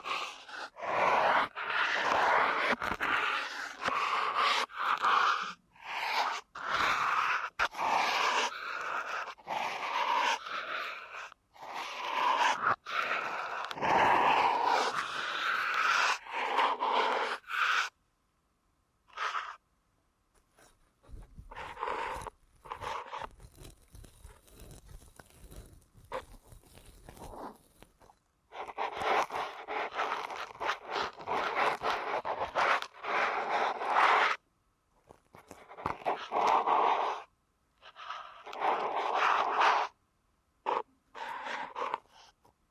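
Ear canal massage sounds fill the recording: dense rubbing and crackling friction in rapid bursts with short sharp pops. The rustling runs continuously for about eighteen seconds, drops to soft sparse scratches for around ten, then returns in thick patches separated by brief silences.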